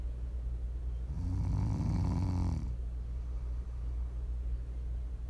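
ASMR snoring from an adult during sleep: a single low, rumbling snore lasting about a second and a half, set against quiet background noise.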